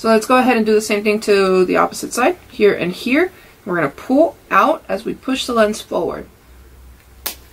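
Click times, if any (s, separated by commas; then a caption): 7.3 s. Someone talks while pulling a sunglass frame outward and pushing the plastic lens forward with the thumbs to unseat it from the frame groove. At 7.3 s a sharp, brief pop is heard as the lens pops out of the frame and is released.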